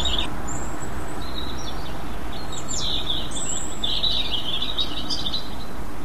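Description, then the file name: European robin song: brief high squeaky notes, then a jumbled warbling phrase of thin rising and falling notes, heard through heavy steady low rumbling noise. "rouge gorge"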